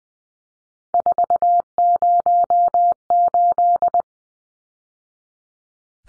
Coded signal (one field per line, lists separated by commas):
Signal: Morse code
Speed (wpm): 20 wpm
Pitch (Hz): 700 Hz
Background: none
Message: 408